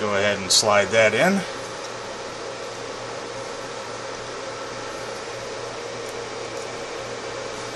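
A memory module is slid into a DIMM slot in a Dell Precision T5400 workstation. Someone talks briefly at the start, then only a steady fan-like hum continues with no distinct sounds. Nothing has seated or clicked yet.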